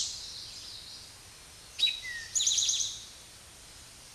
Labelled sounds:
Eastern Towhee (Pipilo erythrophthalmus) song
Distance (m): 5 m
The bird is about 5 m above the microphone
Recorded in a Pennsylvania forest on 16 May 2024 at 06:08
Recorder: AudioMoth, point MSD-0627
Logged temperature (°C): 14.8 °C
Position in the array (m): 108 m, 6 m

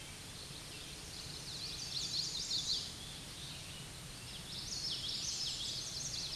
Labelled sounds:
Common Yellowthroat (Geothlypis trichas) song
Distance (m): 30 m
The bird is about 5 m above the microphone
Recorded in a Pennsylvania forest on 16 May 2024 at 06:52
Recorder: AudioMoth, point MSD-2453
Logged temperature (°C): 16.3 °C
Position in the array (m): 234 m, 181 m

